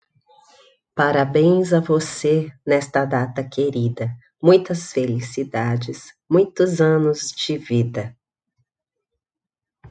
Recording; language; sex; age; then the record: short text; Brazilian Portuguese; female; 50 to 59 years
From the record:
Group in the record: control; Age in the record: 55 years